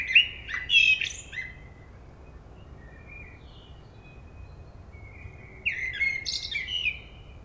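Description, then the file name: Common blackbird: a loud fluted phrase with a scratchy high tail, faint soft notes in the pause, then a second whistled phrase breaking into twitters. "Turdus merula"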